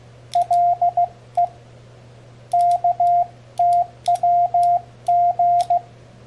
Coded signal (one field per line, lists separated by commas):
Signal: Morse code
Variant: Korean alphabet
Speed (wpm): 16 wpm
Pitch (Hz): 700 Hz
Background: radio noise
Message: 가 없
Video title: 모스 부호 교신에 사용되는 자작 CW 패들키 | D.I.Y. Morse code CW paddle key #morsecode #hamradio #cw